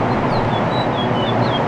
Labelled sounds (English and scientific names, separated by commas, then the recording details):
House Finch (Haemorhous mexicanus) song
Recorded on Long Island, New York, on 13 June 2011
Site MH
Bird B